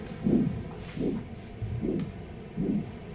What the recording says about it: Changes every time your blood whooshes through the tip of your finger. So now we're going to start hearing the sound of your heartbeat. And we're listening to a soundscape that I've designed with Gail Priest. So we're just getting data from changes in your heart rate as it's increasing and decreasing.